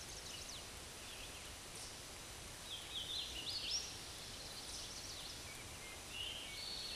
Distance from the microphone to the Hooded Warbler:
about 55 m